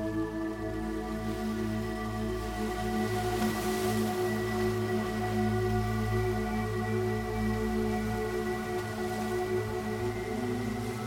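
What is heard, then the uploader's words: A steady, sustained musical drone of layered low and mid tones holds throughout, with soft watery dripping textures and a brief brighter wash near four seconds. Crystalline Sounds of the Ocean (with Music).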